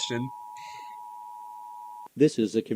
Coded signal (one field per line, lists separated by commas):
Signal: Emergency Alert System (SAME) tones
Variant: 853 and 960 Hz attention tone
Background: speech